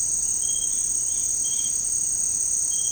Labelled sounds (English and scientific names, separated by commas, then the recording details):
none
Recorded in secondary vegetation near Puerto Asís, Putumayo, Colombia, on 13 March 2025 at 17:30
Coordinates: 0.502, -76.326
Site G100